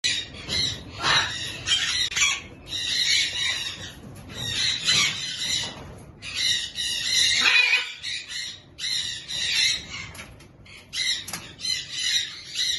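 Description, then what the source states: Major Mitchell's cockatoo giving harsh, grating screeches in repeated bursts of a second or two, with short pauses between them and a low background hiss. A pair of birds.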